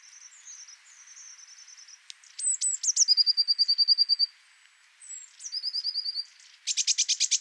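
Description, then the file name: Eurasian blue tit: thin high-pitched notes, then a quick, even trill of clear repeated notes, another trill, and a final buzzy churring burst. "Cyanistes caeruleus"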